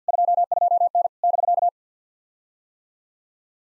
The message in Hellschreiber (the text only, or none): none